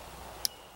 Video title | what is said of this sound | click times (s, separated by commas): Fur for the Shed | I don't know if you heard that click, but these MBs have that night latch on there. | 0.4 s